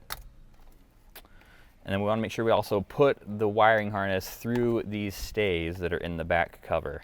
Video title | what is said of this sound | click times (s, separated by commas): FactionFab 08-14 WRX / STI Steering Wheel Install | line it up and push you'll feel it click and then | 0.1 s